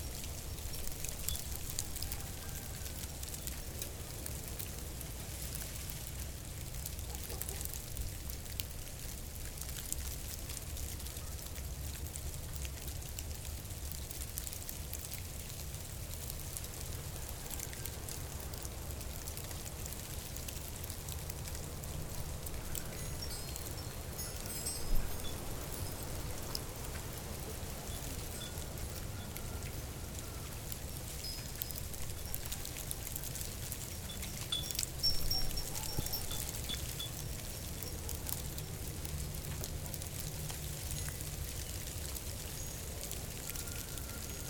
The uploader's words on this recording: Sleet and ice falling from our front porch. Recorded on a Zoom H6 mounted just under the cover of the porch. Most of the storms have recorded are at night, so it’s odd to me to hear as many cars as there are. 10:25am.